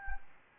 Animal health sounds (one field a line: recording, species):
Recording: mosquito wingbeat signal from an infrared sensor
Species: Anopheles gambiae